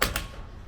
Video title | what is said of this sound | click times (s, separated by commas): 2021 Cobalt R-Series Premium Bimini Tutorial | and it should lock into place like so | 0.0 s